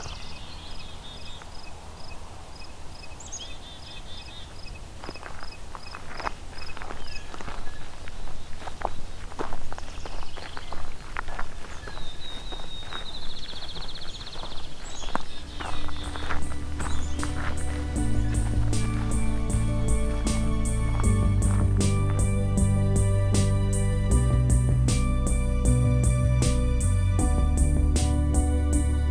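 A summer's day at Fletcher Creek Ecological Preserve: for the first fifteen seconds it is quiet, with high bird chirps, a brief buzzing call and scattered footsteps. Then it turns louder, with steady crunching steps, sharp crackles and a low rumble.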